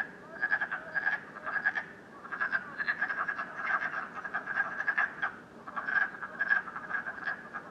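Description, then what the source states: Frogs calling together in quick rattling croaks, grouped into repeated bursts, forming a continuous chorus. Several frogs croaking at night in Canada, recorded during the COVID-19 period.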